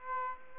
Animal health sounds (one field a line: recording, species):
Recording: mosquito wingbeat signal from an infrared sensor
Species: Aedes aegypti